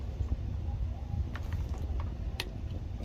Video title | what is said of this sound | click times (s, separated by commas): MS290 CHAINSAW TUNE UP/HIPA STORE | and slide it up and you'll hear it click | 2.4 s